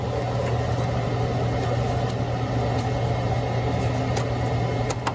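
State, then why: Seated. A color-matched power lead plug from a gel electrophoresis tank is pushed all the way into its power supply socket over a steady low mechanical hum. Two sharp clicks at 4.9 s and 5.1 s mark the plug seating fully.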